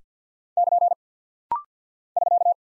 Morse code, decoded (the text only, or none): <KN> <SK>